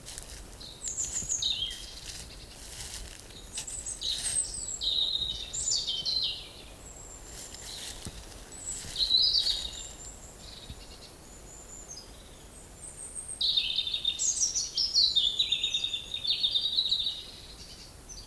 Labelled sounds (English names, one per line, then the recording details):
European Robin
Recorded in the wild
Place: Groß Schönebeck, Schorfheide, Brandenburg, DE
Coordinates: 52.9, 13.53
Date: 1996-04-07 19:29
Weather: heiter, 15°C, z.T. windig
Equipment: Nagra SN, Sennheiser MKH 416 T, Kopie Uher 4000 Report Monitor
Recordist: Tembrock, Günter